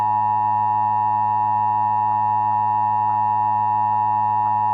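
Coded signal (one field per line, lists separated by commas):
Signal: Emergency Alert System (SAME) tones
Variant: 853 and 960 Hz attention tone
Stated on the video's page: Mock administrative message/all-clear alert, not a real broadcast.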